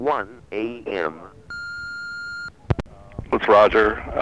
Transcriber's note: phone beeps